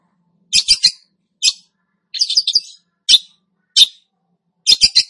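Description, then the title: Long-tailed Shrike song of clipped, scratchy high chirps, some doubled or tripled, given in separate bursts about every half second to second. Bird described as "gacor", Indonesian term for a bird singing vigorously and continuously. "Cendet Gacor 2"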